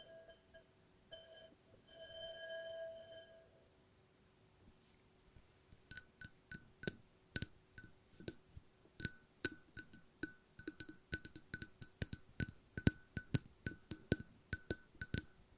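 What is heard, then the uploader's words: Glass is tapped and rung. The first seconds hold a sustained ringing tone with bright, even overtones that stops around three seconds. After a short quiet, sharp clinking taps begin near six seconds and continue steadily, growing busier and more regular toward the end. ASMR No Talking Glass Tapping and Ringing Sounds.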